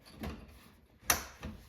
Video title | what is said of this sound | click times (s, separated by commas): Farmhouse entryway unit ￼ | you may need to come back here on the back side and grab the back of the slides push him forward a little bit you'll hear it click that | 1.1 s